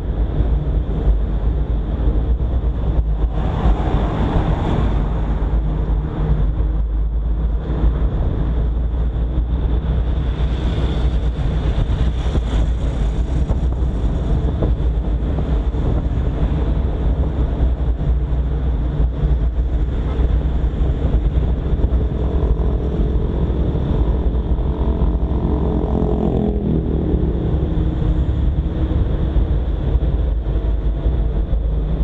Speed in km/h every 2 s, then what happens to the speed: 29, 30, 32, 33, 35, 36, 38, 36, 35, 37, 37, 39, 40, 41, 43, 46.
0-32 speeds up to 46.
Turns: none.